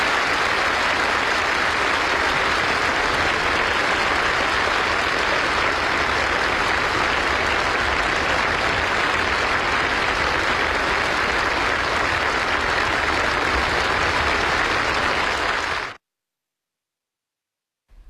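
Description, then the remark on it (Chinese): Warm, sustained applause from African national leaders and guests at the China-Africa Cooperation Forum summit, responding to Xi Jinping's speech, a dense steady wash of clapping that holds at full strength for about sixteen seconds before cutting off abruptly. “习近平的讲话引起现场非洲国家领导人和来宾强烈共鸣，全场多次响起热烈掌声。”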